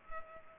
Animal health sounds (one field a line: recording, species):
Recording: mosquito wingbeat signal from an infrared sensor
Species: Culex pipiens